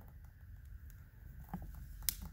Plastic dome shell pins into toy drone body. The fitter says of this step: there we go and some of them will just snap into place again